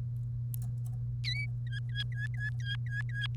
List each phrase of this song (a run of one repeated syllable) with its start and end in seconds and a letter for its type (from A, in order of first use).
1.25-1.46 A, 1.67-3.26 B